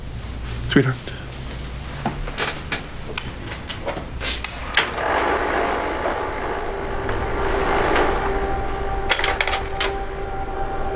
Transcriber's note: soundbite of projector